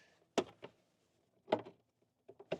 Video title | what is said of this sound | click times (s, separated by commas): Fisker Ocean - Electrified Ocean Activated Carbon Cabin Air Filter | should snap into place. | 0.4 s, 1.5 s